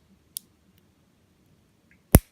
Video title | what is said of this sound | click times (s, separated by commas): Machine Robo - MR-32 - F1 Robo Review (GoBots Slicks) - A Collector’s Guide to Vintage 1980’s GoBots | push them in you'll hear a little click | 0.4 s, 2.1 s